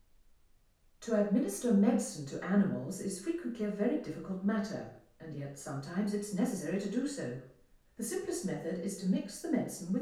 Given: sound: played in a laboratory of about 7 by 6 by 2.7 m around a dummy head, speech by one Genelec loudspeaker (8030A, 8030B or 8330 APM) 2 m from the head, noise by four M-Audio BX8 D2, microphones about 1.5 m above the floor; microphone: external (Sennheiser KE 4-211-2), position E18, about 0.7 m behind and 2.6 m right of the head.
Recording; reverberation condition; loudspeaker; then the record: female speech in English; medium; in front (0 degrees)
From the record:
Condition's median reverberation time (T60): about 510 ms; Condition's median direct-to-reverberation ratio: about -0.5 dB